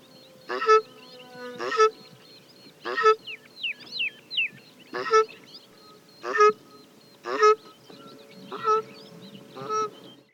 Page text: South African Shelduck - Tadorna cana - Birds of the World